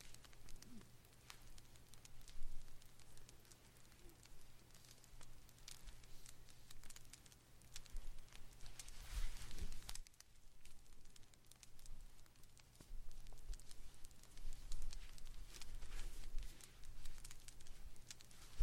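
Knitting a blanket: small, irregular clicks and soft crackling taps of the needles and yarn come steadily throughout, with a brief rustling swell near the ten-second mark. A constant low hum sits underneath the whole time.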